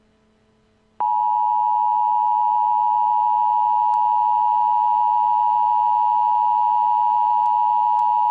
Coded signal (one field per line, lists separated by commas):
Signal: Emergency Alert System (SAME) tones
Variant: 853 and 960 Hz attention tone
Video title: Emergency Alert System: Invasion of the Mimes